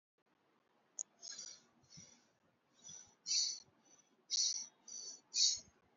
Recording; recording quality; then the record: shallow breathing; excellent, no background noise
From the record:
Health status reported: COVID-19 positive, mild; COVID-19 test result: positive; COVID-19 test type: RT-PCR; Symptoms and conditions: cough, cold, fever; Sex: male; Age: 25 years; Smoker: yes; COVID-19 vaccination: both doses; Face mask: not worn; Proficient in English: yes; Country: India